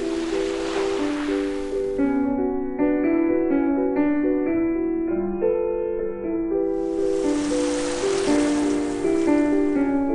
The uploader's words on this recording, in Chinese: 海浪轻拍沙滩，悠扬的旋律将您引向夜幕降临的宁静海岸。